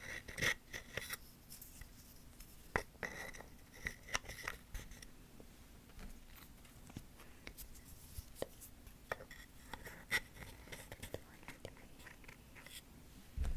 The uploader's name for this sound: ASMR Wooden And Cork Triggers (tapping & scratching)